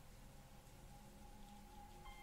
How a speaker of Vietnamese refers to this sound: Nằm một lúc lâu, lật ngang lật dọc, lắng tai nghe tiếng mưa.